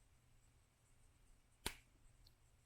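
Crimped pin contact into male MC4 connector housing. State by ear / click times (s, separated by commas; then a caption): seated / 1.7 s. A crimped pin contact on a solar cable is slid into a plastic male MC4 connector housing. A single sharp click is heard at 1.7 s against a quiet background, followed by a faint tick at 2.3 s. The contact latches and the connection is made.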